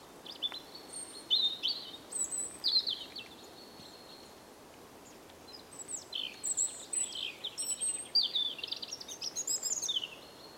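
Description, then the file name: European robin song: bursts of high, sweet, sliding whistles and trills, pausing briefly midway, then resuming with busier warbling against faint background hiss. "Erithacus rubecula"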